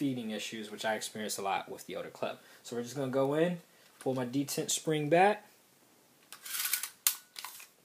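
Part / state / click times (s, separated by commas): paintball magazine into marker magwell detent / seated / 7.1 s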